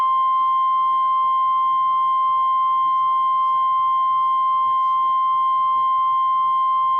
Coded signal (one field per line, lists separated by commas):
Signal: Emergency Alert System (SAME) tones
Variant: 1050 Hz attention tone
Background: speech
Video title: EAS Alerts From 7/10/24 (EAS #2753-2785)